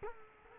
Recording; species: mosquito wingbeat signal from an infrared sensor; Culex quinquefasciatus